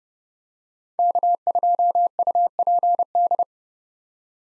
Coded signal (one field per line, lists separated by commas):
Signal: Morse code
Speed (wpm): 30 wpm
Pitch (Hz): 700 Hz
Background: none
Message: K2UPD